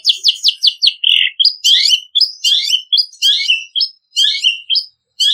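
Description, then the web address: Long-tailed Shrike song of harsh, buzzy, downslurred notes and scratchy chatters, given in quick phrases with short gaps between them. Song style described as gacor ngeplong; recording used as training audio for cage birds. "audio cendet-gacor-ngeplong. masteran cendet"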